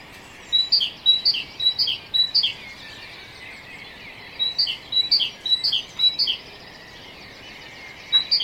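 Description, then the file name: Great tit: two bursts of its rhythmic two-note song, each with several quick high-low repetitions, separated by a pause, and a third burst starting at the end. "Parus major"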